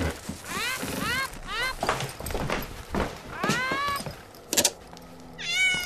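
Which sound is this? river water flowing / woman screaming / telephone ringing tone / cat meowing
cat meowing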